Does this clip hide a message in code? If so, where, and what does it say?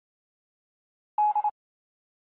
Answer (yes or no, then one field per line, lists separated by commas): no